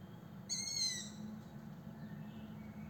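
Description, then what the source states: Owl calling once, a brief bright screechy note held at an even pitch for about half a second, over a steady low droning hum. 26 June 2022.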